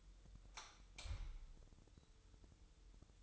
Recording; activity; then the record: daily activity, microphone in the room; light off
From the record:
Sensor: 3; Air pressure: 988.4 hPa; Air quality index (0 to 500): 191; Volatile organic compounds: 267 ppm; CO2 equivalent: 4404 ppm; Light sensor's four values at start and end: 11/28/11/11 and 8/19/8/8